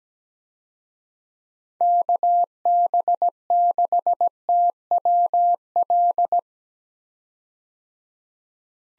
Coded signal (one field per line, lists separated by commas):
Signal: Morse code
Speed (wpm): 17 wpm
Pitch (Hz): 700 Hz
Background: none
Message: KB6TWL